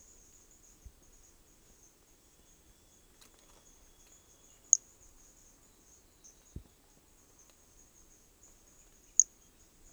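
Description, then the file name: Hermogenes' pumpkin toadlet: two isolated sharp high notes a few seconds apart, above a thin insect drone. Recorded specimen from Corcovado, MHNCI museum collection; starting notes lost, recorded without interruption. "MHNCI Brachy hermogenesi Corcovado specimen one two starting notes lost without interruption"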